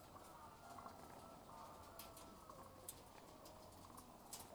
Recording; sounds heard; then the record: poultry house recording; sick chickens (respiratory disease)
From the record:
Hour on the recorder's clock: 13